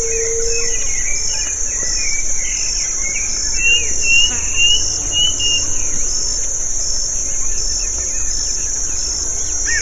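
Birds calling, several chirped and slurred notes near the middle pitch range with a brief low whistle at the start, over a loud steady high insect drone.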